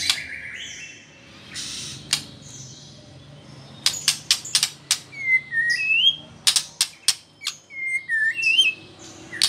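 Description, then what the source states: White-rumped shama giving a rapid series of sharp clicks mixed with clear whistled notes that slur up and down, some phrases repeated, over a low hiss. Female bird.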